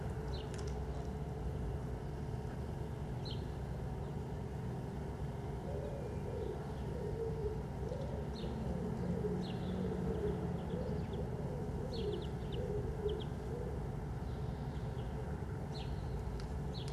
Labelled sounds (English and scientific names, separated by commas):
Corsac Fox (Vulpes corsac) barking